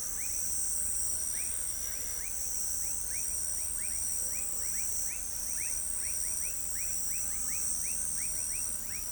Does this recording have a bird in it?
no